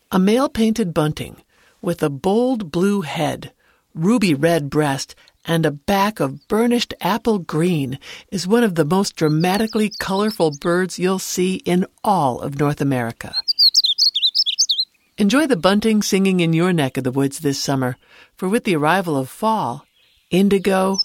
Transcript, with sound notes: A male Painted Bunting, with a bold blue head, ruby-red breast, and a back of burnished apple green, is one of the most dramatically colorful birds you’ll see in all of North America. [Painted Bunting song] Enjoy the bunting singing in your neck of the woods this summer, for with the arrival of fall, Indigo,